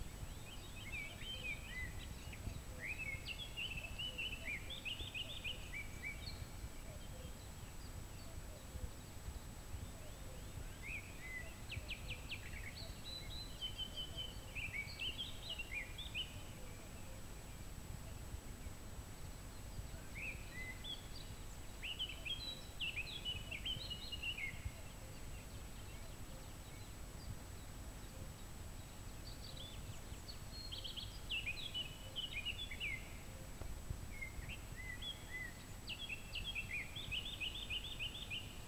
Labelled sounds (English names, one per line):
Eurasian Blackcap song